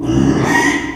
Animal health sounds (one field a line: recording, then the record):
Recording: squeal of a Yucatan mini pig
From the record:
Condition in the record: after surgery on the right vocal fold (resection and tissue-engineered implant)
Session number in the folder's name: 3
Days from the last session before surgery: 33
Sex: male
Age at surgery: 12 weeks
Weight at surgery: 13 kg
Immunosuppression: cyclosporine, prednisolone